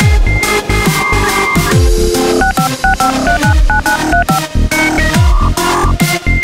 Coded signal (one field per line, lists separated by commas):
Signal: DTMF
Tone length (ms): 120 ms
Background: music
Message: 6565399935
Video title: Isaac Miell - Dial up modem remix